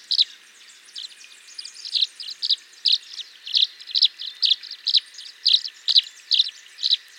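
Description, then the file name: Tree swallow calling with high, clipped chirps, starting sparse and then coming in a quick series of about two per second, with a faint steady drone beneath. "Tachycineta bicolor - Tree Swallow"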